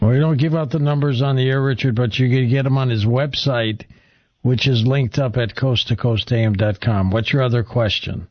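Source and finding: Adult male radio host. Normal speech.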